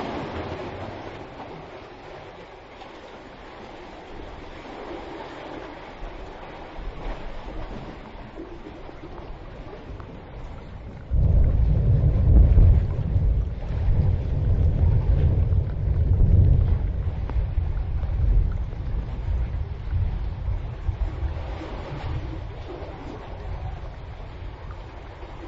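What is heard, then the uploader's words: Rain and waves slosh steadily in a gully, then a deep rumble of thunder swells near eleven seconds and slowly fades. Seal Gully with Roger Boughton.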